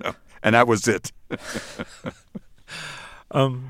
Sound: soundbite of laughter

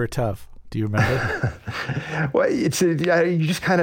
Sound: laughter

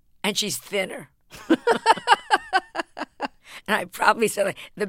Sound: soundbite of laughter

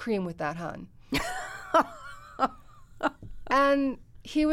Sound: laughter

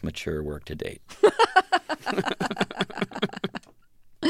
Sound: laughter

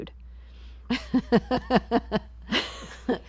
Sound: laughter

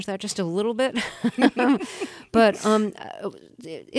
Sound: laughter

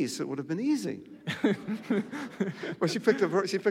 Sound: soundbite of laughter

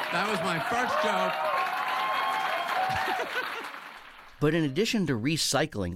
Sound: applause

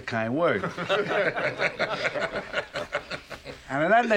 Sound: soundbite of laughter

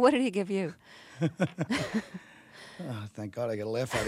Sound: soundbite of laughter

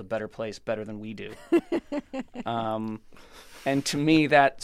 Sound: laughter

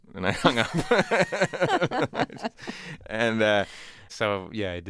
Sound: laughter

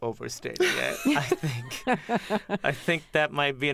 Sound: laughter

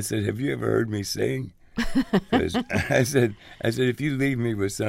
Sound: laughter

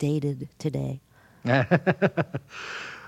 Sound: laughter

